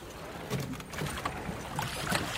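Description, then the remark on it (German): Oars dip and pull through water in a steady rhythm, with splashing strokes and a soft wash of moving water around a two-person touring rowing boat; no one speaks. “Wir sprechen hier vom Wanderrudern.”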